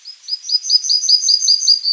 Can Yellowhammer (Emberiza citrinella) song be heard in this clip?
yes